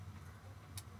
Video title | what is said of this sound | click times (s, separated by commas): Mail Call 120! Jan 29, 2021 | snap into place there you go | 0.8 s